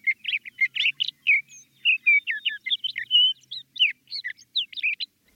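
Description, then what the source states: Sage Thrasher song: a long, continuous run of quick, varied warbling phrases with barely a break. Male proclaiming his territory in spring, in sagebrush throughout the West, Great Basin region; a sandy, brown, long-tailed songster.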